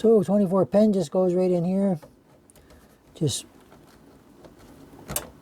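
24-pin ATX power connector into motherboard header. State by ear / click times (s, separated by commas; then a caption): seated / 5.2 s. Someone talks for the first two seconds while a 24-pin ATX power plug is pressed into the motherboard header of an Asus Z590-P WiFi board. After a few faint handling sounds, the plug's latch clips on with a sharp click at 5.2 s, and the connector is seated.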